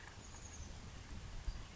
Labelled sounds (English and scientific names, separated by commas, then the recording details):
Chestnut-backed Chickadee (Poecile rufescens)
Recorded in Sonoma County, California